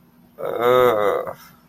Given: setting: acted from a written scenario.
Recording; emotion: vocal sound without words; embarrassment